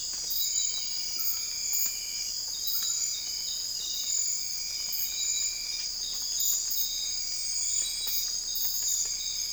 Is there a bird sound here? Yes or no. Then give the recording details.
no. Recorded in secondary vegetation near Puerto Asís, Putumayo, Colombia, on 20 December 2024 at 01:00. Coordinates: 0.481, -76.318. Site G042